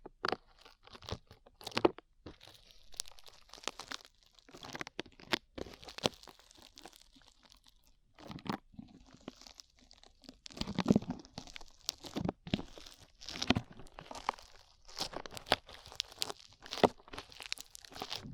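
Slime being squished and worked, with crunchy, crackling pops coming in quick irregular bursts throughout. Brief clicky snaps alternate with short pauses and softer sticky squelches, some louder crunches landing around the middle and near the end.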